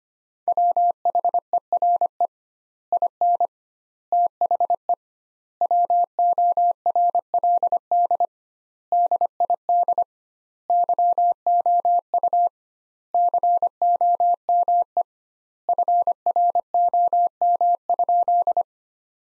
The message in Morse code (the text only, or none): WHERE IN THE WORLD DID YOU COME FROM?